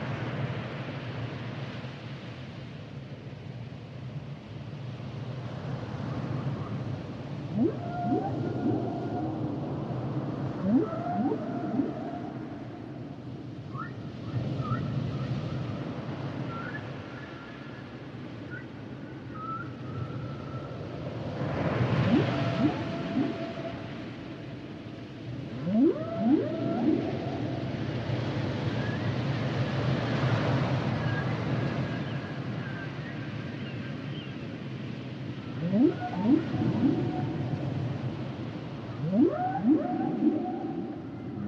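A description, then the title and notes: Humpback whale song: a string of rising and falling moans and swooping cries, with sharper upsweeping calls near 8, 11, 22, 26 and 36 seconds. A low, steady rumble runs underneath throughout, and a few thin, higher tones drift in between the calls. The songs and sounds of the humpback whale. Male humpback whales produce complex songs during the winter breeding season.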